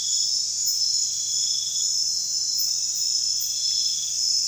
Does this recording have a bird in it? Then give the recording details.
no. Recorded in secondary vegetation near Puerto Asís, Putumayo, Colombia, on 24 June 2025 at 01:00. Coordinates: 0.498, -76.327. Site GP09